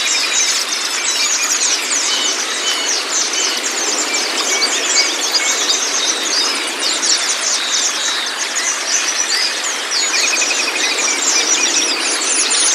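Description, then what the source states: White-eye song: busy, continuous high twitters and squeaky chirps layered densely, steady in loudness throughout. Meant to get a pleci to open its beak and start singing; 'masteran' training for the bird.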